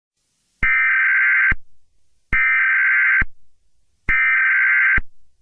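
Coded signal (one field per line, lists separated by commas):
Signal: Emergency Alert System (SAME) tones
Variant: header bursts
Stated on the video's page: Mock civil danger warning, a simulated EAS alert.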